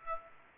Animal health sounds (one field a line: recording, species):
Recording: mosquito wingbeat signal from an infrared sensor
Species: Aedes aegypti